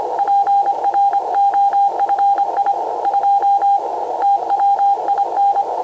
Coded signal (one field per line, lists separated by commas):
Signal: Morse code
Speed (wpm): 27 wpm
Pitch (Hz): 800 Hz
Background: none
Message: PROFI 2 TWIN